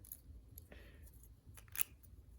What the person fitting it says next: You heard that click, right?